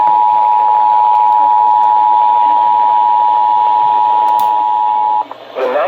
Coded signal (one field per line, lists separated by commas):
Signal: Emergency Alert System (SAME) tones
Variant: 853 and 960 Hz attention tone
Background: speech